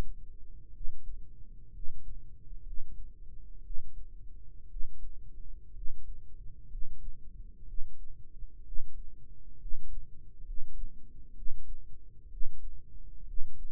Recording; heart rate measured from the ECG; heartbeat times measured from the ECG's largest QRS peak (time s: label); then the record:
heart sounds by microphone in the right ear; 62 bpm
0.71 s: heartbeat
1.70 s: heartbeat
2.61 s: heartbeat
3.60 s: heartbeat
4.66 s: heartbeat
5.71 s: heartbeat
6.66 s: heartbeat
7.63 s: heartbeat
8.61 s: heartbeat
9.56 s: heartbeat
10.41 s: heartbeat
11.32 s: heartbeat
12.27 s: heartbeat
13.23 s: heartbeat
From the record:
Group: healthy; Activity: rest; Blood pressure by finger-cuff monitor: 99/56 mmHg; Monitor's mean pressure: 66 mmHg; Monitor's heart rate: 62 bpm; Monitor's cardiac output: 7.2 L/min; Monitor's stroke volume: 113 mL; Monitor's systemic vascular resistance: 670 dyn s/cm5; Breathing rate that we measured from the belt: 16 breaths a minute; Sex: male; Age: 22 years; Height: 185 cm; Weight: 112.4 kg